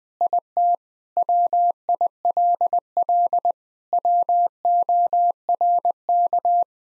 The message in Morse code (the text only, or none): IT WILL WORK